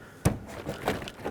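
A plastic interior door trim panel on a 2001-07 Toyota Sequoia is hooked over the door lip and pressed down onto the door frame, giving a sharp thunk at 0.3 s as it seats. A few softer knocks and rustles follow, and the panel is confirmed in place.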